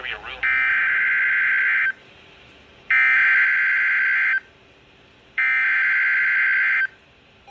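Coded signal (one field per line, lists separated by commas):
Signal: Emergency Alert System (SAME) tones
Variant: header bursts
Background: speech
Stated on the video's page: Severe thunderstorm warning for the local area.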